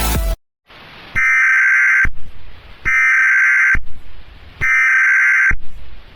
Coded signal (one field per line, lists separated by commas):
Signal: Emergency Alert System (SAME) tones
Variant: header bursts